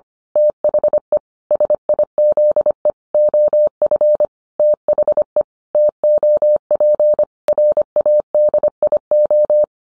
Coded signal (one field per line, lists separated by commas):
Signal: Morse code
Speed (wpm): 25 wpm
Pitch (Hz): 600 Hz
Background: none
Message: THE SIZE OF THE TOP RADIO